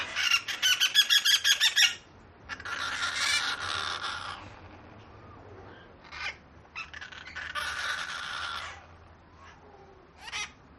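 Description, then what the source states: Parakeets giving quick rattling squawks, then longer buzzy screeching, a pause, more harsh screeching and a couple of short calls. Several parakeets, described as angry; sound-effect loop.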